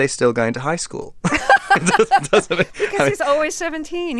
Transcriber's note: laughter